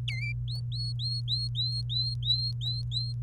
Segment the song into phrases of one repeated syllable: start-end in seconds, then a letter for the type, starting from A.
0.08-0.33 A, 0.48-3.13 B